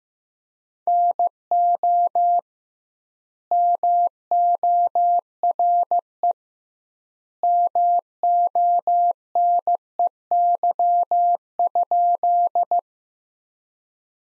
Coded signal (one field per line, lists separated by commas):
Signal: Morse code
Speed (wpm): 15 wpm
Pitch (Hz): 700 Hz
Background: none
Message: NO MORE MONEY?